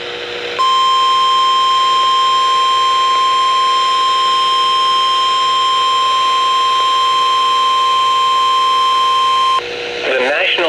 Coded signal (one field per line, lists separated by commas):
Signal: Emergency Alert System (SAME) tones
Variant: 1050 Hz attention tone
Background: speech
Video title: Severe Thunderstorm Warning 6 On KDO89 & KXI70 7/8/2024 (EAS #2,643-2,644)